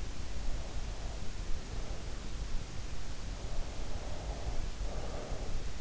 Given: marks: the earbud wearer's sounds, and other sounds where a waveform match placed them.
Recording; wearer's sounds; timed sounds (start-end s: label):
sounds in sleep by an in-ear microphone; breath
3.79-5.75 s: breath